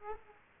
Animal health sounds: mosquito wingbeat signal from an infrared sensor; Aedes aegypti

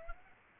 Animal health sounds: mosquito wingbeat signal from an infrared sensor; Culex pipiens

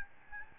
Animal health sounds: mosquito wingbeat signal from an infrared sensor; Aedes albopictus

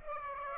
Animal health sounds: mosquito wingbeat signal from an infrared sensor; Aedes aegypti

